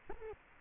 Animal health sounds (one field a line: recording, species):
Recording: mosquito wingbeat signal from an infrared sensor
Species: Culex quinquefasciatus